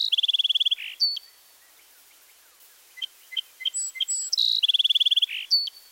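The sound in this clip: Song sparrow singing: a rapid, even trill of bright notes, then a buzzy slur and sharp clear notes, with scattered chips between; the song is repeated near the end.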